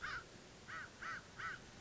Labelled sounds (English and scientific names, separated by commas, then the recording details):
American Crow (Corvus brachyrhynchos)
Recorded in Sonoma County, California